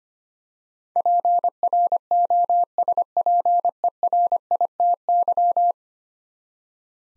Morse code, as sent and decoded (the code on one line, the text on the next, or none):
.--. .-. --- ... .--. . .-. .. - -.--
PROSPERITY